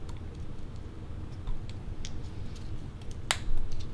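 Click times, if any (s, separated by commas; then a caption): 3.3 s. A lead wire's metal snap connector is pushed onto a PENS butterfly electrode after its wings are positioned up and down. Faint handling clicks come before a sharp, loud snap at 3.3 s as the connector seats onto the electrode.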